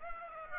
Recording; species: mosquito wingbeat signal from an infrared sensor; Aedes aegypti